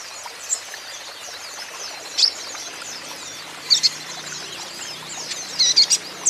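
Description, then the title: Van Hasselt's sunbird song: a soft high twittering runs throughout, broken by a few louder piercing chips and a closing quick series. Young, green-plumaged (konin ijoan) kolibri ninja in lively (gacor) song; used as a lure and therapy so untrained (bahan) konin birds will answer. "KOLIBRI NINJA KONIN IJOAN GACOR COCOK UNTUK PANCINGAN TERAPI KONIN BAHAN PASTI NYAUT"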